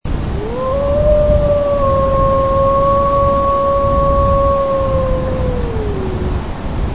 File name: aullido Lobo